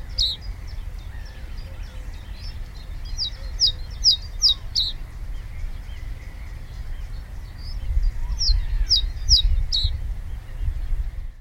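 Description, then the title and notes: Common reed bunting song: short, high, dry phrases of a few chipping notes, repeated several times, over steady low wind rumble. Black-and-white-headed males singing from song posts atop brambles or reeds; song described as a repetitive tuneless rattle. "The black and white headed male reed buntings are now singing from their song posts on the top of brambles or reeds. It is a repetitive tuneless rattle rather than a song."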